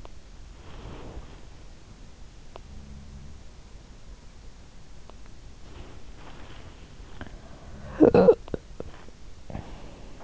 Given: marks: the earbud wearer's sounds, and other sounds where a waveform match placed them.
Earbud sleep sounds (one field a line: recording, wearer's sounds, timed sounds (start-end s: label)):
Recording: sounds in sleep by an in-ear microphone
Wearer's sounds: body movement, cough or throat clearing or sniffle, breath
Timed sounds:
0.65-1.38 s: body movement
2.58-3.48 s: sound from someone else or the room
5.64-7.74 s: body movement
7.83-8.63 s: cough or throat clearing or sniffle
8.82-10.24 s: breath